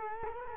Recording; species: mosquito wingbeat signal from an infrared sensor; Culex quinquefasciatus